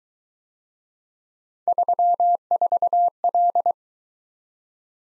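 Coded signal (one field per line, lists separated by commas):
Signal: Morse code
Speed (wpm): 23 wpm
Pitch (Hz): 700 Hz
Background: none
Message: 34L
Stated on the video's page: Speed-Racing Morse drill of three letter-number combinations that starts fast and slows to 17 wpm base speed, then sends a final repeat at maximum speed.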